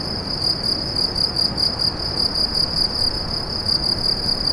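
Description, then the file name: Cricket chirping, a steady high pulsed trill repeated several times a second throughout, with faint low background rumble. "grillons"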